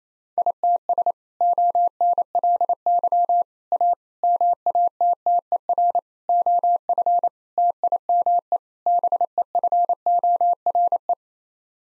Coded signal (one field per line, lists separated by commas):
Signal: Morse code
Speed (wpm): 28 wpm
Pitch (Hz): 700 Hz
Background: none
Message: ITS ONLY A MATTER OF TIME BEFORE